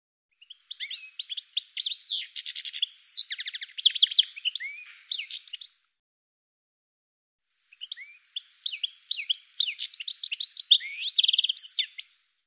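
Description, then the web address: Bird song: two long phrases of fast, varied high chirps, slurred whistles and buzzy trills, with a silent pause of about two seconds between them. "cianscape birddata Deverinetal 2025 File cleaned normalized Bird"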